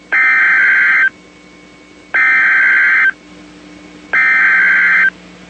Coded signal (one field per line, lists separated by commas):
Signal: Emergency Alert System (SAME) tones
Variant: header bursts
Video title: EAS MOCK: TORNADO WARNING